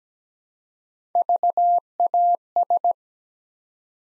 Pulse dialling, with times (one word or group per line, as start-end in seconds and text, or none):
none